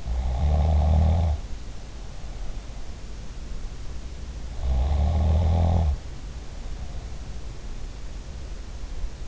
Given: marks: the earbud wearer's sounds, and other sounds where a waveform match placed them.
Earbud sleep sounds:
sounds in sleep by an in-ear microphone; snoring breath
0.00-2.74 s: snoring breath
4.60-7.20 s: snoring breath

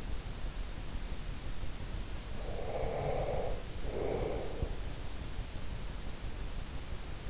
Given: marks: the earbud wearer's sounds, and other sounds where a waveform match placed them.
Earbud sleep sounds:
sounds in sleep by an in-ear microphone; breath
2.33-4.85 s: breath

